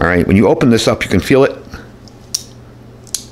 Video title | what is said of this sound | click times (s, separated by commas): Handy Emergency Tool: Rhino Emergency Scissors - Folding EMT Shears | you can actually hear it click and lock open again | 2.3 s, 3.1 s